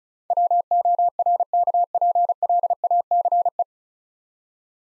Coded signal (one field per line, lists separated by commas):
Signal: Morse code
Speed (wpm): 33 wpm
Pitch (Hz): 700 Hz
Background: none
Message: WORKPLACE